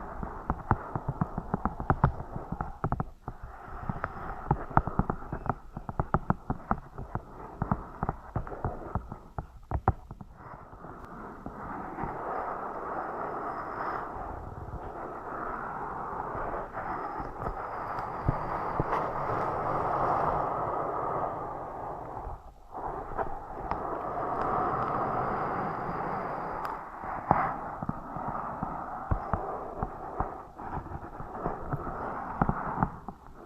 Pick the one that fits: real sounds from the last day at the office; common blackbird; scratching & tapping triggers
scratching & tapping triggers